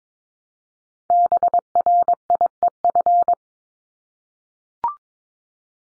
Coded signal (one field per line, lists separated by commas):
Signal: Morse code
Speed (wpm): 22 wpm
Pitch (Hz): 700 Hz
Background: none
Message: BRIEF